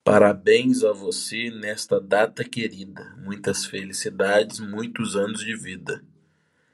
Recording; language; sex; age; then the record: short text; Brazilian Portuguese; male; 30 to 39 years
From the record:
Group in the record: control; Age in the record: 36 years